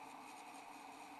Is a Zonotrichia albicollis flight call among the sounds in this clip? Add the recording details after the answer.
no. No flight call is heard. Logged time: 05:22 on 12 December 2014